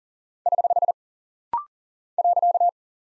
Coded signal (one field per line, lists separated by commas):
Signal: Morse code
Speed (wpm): 39 wpm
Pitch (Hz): 700 Hz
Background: none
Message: <HH> .